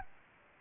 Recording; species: mosquito wingbeat signal from an infrared sensor; Anopheles gambiae